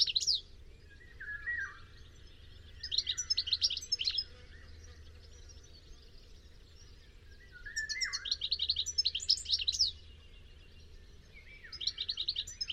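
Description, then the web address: Bird song: scattered bursts of rapid high notes every few seconds, mixed with lower slurred chirps, over quiet steady background hiss. "cianscape birddata Deverinetal 2025 Bird Only Ca Ca Ca Ca"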